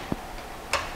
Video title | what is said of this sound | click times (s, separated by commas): 1:72 Scale Russian Kilo RC Submarine Overview | we've got some magnetic connectors in the back that just click into place now it is in its correct position | 0.1 s, 0.7 s